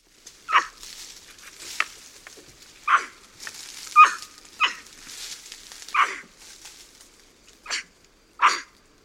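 White-throated capuchin calling with a run of rough, barking yelps at uneven intervals, with softer calls between them.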